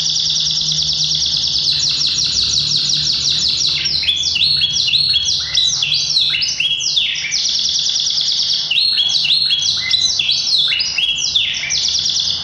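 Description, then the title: Yorkshire canary in full song: a long rattling trill opens, then quick sweeping whistled notes and repeated rolls flow on without pause, with a low hum behind. Yorkshire canary singing a very long song. "Kenari Yorkshire. Suaranya Super Panjang"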